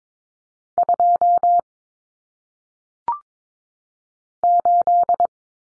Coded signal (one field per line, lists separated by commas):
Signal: Morse code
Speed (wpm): 22 wpm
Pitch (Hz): 700 Hz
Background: none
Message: 2 8